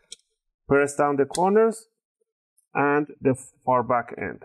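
The plastic top cover of an HP 15-da0019 laptop, reassembled during an SSD/HDD storage upgrade, is pressed down at the corners onto the bottom case so its plastic retaining clips snap into place. Two short clicks are heard at about 0.1 and 0.2 seconds, and then someone talks. The cover clips are seated.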